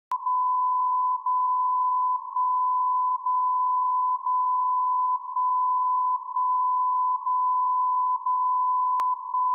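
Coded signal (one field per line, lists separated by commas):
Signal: radio time signal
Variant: DCF77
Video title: DCF 77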